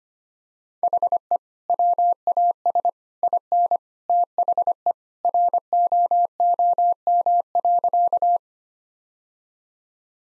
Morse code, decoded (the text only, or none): HE WAS IN THE ROOM.